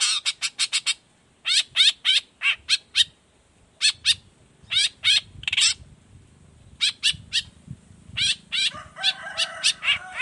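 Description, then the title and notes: Long-tailed shrike song: quick series of sharp, squeaky chattering notes in groups with short pauses, ending in a harsher buzzy stretch. Singing in the morning with varied notes including a 'toet toet' phrase; recording played as a lure so other shrikes reply quickly and open their beaks. "Cendet Gacor Dor Di Kala Pagi Toet Toet Variasi Suara. Cendet Gacor Efektif Pancingan Buat Cendet Jenis Apapun Agar Cepat Nyaut Buka Paruh. Burung cendet"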